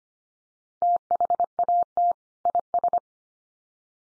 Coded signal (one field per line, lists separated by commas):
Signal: Morse code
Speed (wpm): 25 wpm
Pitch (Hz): 700 Hz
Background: none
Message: THAT IS